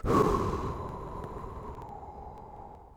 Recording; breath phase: one breath near a microphone; exhalation